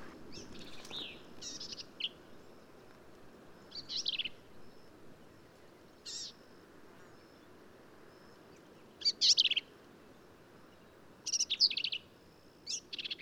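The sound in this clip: Black-capped vireo song: varied short bursts of scratchy, warbled notes given irregularly, some phrases louder, separated by pauses of one to three seconds.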